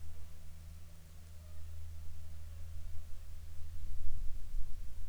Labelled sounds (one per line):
aircraft
insects